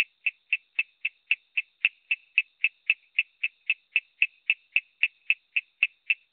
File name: Raorchestes luteolus call